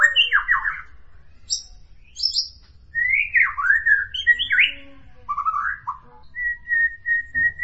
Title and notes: Murai Juara. Suara burung murai merdu